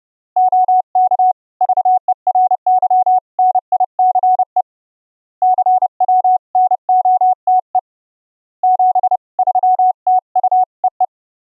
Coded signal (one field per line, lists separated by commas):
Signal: Morse code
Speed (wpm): 30 wpm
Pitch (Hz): 740 Hz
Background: none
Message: OK VERY NICE CW NOTE 73 TU EE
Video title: build a Pure Sine Wave 'keyable' CW Morse Code OSCILLATOR with free software - pt 1